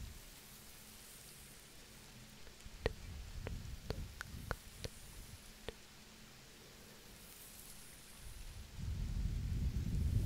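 Soft rain and white noise form a steady, low rumbling hiss throughout. Between about three and six seconds a handful of sharp, bright taps land, like drops hitting a surface. Near the end a deeper breathy blowing swells louder.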